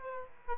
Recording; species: mosquito wingbeat signal from an infrared sensor; Aedes aegypti